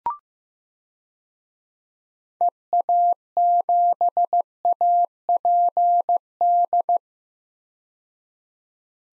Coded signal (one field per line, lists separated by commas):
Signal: Morse code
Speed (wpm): 15 wpm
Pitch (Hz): 700 Hz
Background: none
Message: EA7APD